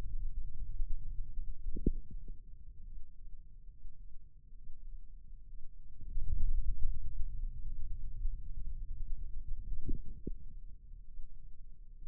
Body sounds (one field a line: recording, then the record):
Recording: forearm muscle sounds (acoustic myography)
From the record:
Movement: ulnar deviation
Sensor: system 2, bracelet of six BSWA MPA416 microphones around the upper forearm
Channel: 6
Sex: male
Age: 22 years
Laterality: right